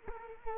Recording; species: mosquito wingbeat signal from an infrared sensor; Culex quinquefasciatus